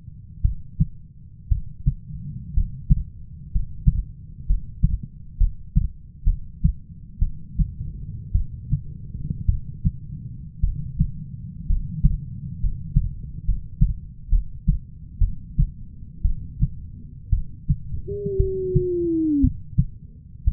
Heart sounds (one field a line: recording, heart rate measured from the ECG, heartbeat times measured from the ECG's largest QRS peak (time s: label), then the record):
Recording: heart sounds by stethoscope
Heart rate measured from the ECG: 60 bpm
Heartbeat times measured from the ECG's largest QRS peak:
0.42 s: heartbeat
1.48 s: heartbeat
2.54 s: heartbeat
3.51 s: heartbeat
4.46 s: heartbeat
5.37 s: heartbeat
6.24 s: heartbeat
7.19 s: heartbeat
8.32 s: heartbeat
9.46 s: heartbeat
10.60 s: heartbeat
11.67 s: heartbeat
12.60 s: heartbeat
13.45 s: heartbeat
14.29 s: heartbeat
15.19 s: heartbeat
16.22 s: heartbeat
17.30 s: heartbeat
18.37 s: heartbeat
19.41 s: heartbeat
20.44 s: heartbeat
From the record:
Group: healthy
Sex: female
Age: 37 years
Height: 168 cm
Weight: 70 kg